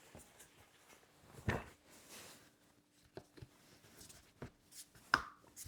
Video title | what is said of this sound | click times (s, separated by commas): Unboxing the Graco Soothe My Way Swing with Removable Rocker | okay kind of clicked into place and uh let's see if I pull up on it yeah it's attached | 5.1 s